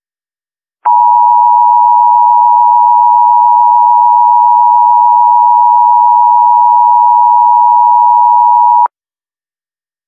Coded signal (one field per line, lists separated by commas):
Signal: Emergency Alert System (SAME) tones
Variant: 853 and 960 Hz attention tone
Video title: EAS Scenario - Earth Moving to a Galaxy Collision REMASTERED